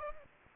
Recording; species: mosquito wingbeat signal from an infrared sensor; Aedes aegypti